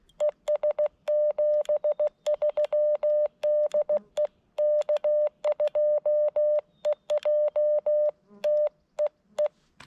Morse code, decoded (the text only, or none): ES 73 DE K2EJT EE